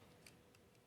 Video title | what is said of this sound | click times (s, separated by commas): Masterpiece Mudflap by Unique Toys UTR07 Dumber unboxing and review Transformers ROTF FTJ! | it kind of soft locks here | 0.3 s